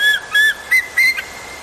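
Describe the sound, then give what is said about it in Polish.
A series of four short, high, piercing whistled cries from an eagle in the Carpathians, each a thin clear tone, followed by a faint fifth note, heard alone without any talking. “To orzeł.”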